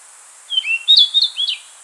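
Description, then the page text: Rufous-tailed flycatcher song: a thin whistled opening and then several rapid, sweeping high notes that rise and fall, lasting about a second. "Rufous-Tailed Flycatcher Song. Quick Sounds"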